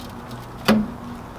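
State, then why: Seated. A shifter part in the shifter plate assembly, for a BMW transmission being installed in a Miata, is pressed down against a hard surface with body weight. A single sharp click rings out at 0.7 s over a low steady hum. The part clicks into place in the shifter plate and is seated.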